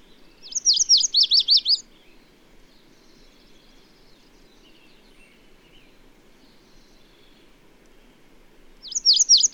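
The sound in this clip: Bird singing two quick phrases of bright, high, up-and-down notes, the second arriving about eight seconds after the first, with a quiet low hum between.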